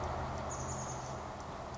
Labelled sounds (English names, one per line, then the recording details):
Chestnut-backed Chickadee
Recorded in Sonoma County, California